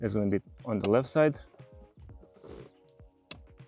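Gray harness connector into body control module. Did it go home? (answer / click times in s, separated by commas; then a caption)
yes / 3.3 s. On a 2014–2016 Kia Forte YD, during a MyKey Premium remote start installation, a gray plastic wiring-harness connector is pushed into the left-side socket of the body control module while someone talks. A sharp click at 3.3 seconds shows the connector is seated.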